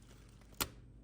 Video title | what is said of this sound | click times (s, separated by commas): How To Change The Fuel Filters On A New 2023 F350 Diesel Truck. | all right see how it clipped in then you lock it in | 0.6 s